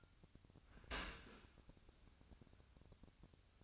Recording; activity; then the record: daily activity, microphone in the room; open dishwasher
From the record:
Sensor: 2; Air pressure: 1003.0 hPa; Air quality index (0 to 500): 198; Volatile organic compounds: 6 ppm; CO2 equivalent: 1879 ppm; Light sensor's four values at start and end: 15/35/15/16 and 15/35/15/16